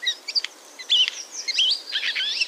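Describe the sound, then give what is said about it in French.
A Eurasian jay's call and soft, rambling song from the same bird: a quick jumble of high chirps, squeaky whistles and brief clicking bursts, tumbling along unevenly with no talking. “Les deux sons entendus proviennent du même oiseau, du jet des chaînes.”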